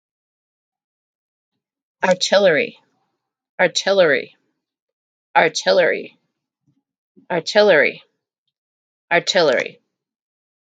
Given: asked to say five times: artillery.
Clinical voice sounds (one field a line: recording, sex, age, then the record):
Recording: repeated word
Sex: female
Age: 50 to 59 years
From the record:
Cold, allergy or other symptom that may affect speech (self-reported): no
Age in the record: 56 years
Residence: Missouri, United States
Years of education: 12